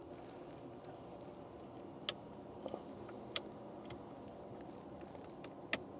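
Two small wire connectors that were unplugged earlier are plugged back into their mating sockets on the UV light wiring of a Guzzle H2O water purifier installed in a Winnebago Revel. Sharp clicks are heard at 2.1, 3.4 and 5.7 seconds over a steady background noise. Both connectors clip in and are seated.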